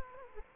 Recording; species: mosquito wingbeat signal from an infrared sensor; Culex quinquefasciatus